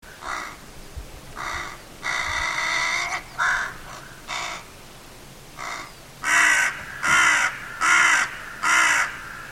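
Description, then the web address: Bird cawing in a series of rough, raspy calls, an uneven run first, then four louder harsh caws at a steady pace near the end. "Deverinetal 2025 File origin Bird Only"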